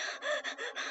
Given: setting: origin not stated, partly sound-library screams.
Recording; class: one-second piece from a danger detection set; woman in danger